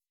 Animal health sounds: hydrophone in a shrimp aquaculture tank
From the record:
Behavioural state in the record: weakened

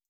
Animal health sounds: hydrophone in a shrimp aquaculture tank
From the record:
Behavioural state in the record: starved

